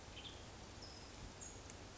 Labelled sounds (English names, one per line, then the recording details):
Western Tanager
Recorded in Sonoma County, California